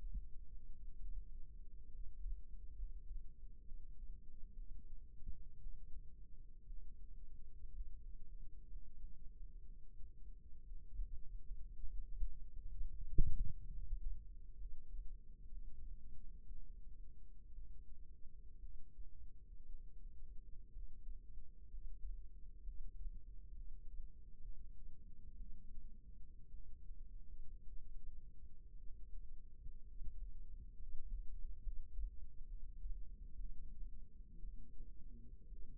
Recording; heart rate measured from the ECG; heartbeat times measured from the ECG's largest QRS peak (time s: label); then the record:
heart sounds by microphone in the right ear; 61 bpm
0.97 s: heartbeat
1.88 s: heartbeat
2.73 s: heartbeat
3.59 s: heartbeat
4.52 s: heartbeat
5.56 s: heartbeat
6.64 s: heartbeat
7.69 s: heartbeat
8.65 s: heartbeat
9.62 s: heartbeat
10.65 s: heartbeat
11.72 s: heartbeat
12.74 s: heartbeat
13.68 s: heartbeat
14.55 s: heartbeat
15.46 s: heartbeat
16.45 s: heartbeat
17.51 s: heartbeat
18.58 s: heartbeat
19.64 s: heartbeat
20.70 s: heartbeat
21.67 s: heartbeat
22.62 s: heartbeat
23.53 s: heartbeat
24.40 s: heartbeat
25.35 s: heartbeat
26.48 s: heartbeat
27.62 s: heartbeat
28.76 s: heartbeat
29.83 s: heartbeat
30.76 s: heartbeat
31.61 s: heartbeat
32.45 s: heartbeat
33.35 s: heartbeat
34.38 s: heartbeat
35.46 s: heartbeat
From the record:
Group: healthy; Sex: female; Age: 37 years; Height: 168 cm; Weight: 70 kg